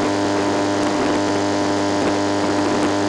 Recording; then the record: brain microelectrode recording played as sound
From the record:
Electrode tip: outside the subthalamic nucleus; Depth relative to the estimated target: -6 mm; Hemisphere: left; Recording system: NeuroSet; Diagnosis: Parkinson's disease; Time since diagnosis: 9 years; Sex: male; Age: 61 years